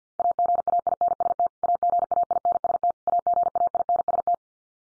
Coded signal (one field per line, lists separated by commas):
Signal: Morse code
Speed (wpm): 50 wpm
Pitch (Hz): 700 Hz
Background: none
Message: AGAINST AGAINST AGAINST